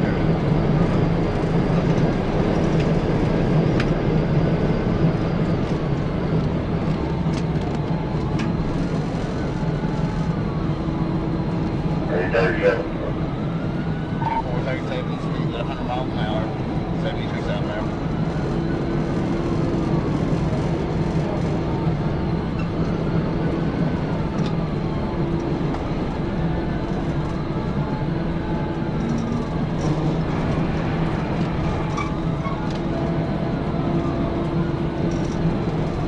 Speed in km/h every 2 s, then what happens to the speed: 216, 206, 180, 172, 172, 167, 163, 166, 179, 179, 177, 175, 175, 174, 179, 172, 175, 179.
1-11 brakes to 163. 11-17 speeds up to 179. 17-36 steady at about 175.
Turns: none.